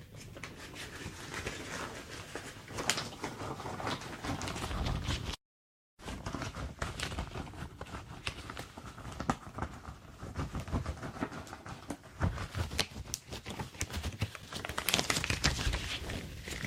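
Latex and cleaning gloves crinkle, snap and rub in dense, irregular bursts of crackly, bright texture with soft thuds underneath. The handling runs almost continuously, broken by a brief full silence around five and a half seconds, with louder, sharper stretches near fifteen seconds.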